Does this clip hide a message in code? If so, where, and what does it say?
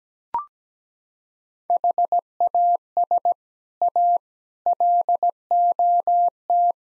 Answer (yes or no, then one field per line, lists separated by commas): yes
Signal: Morse code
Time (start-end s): 1.7-6.7 s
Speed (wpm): 17 wpm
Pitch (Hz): 700 Hz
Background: none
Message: HAS A LOT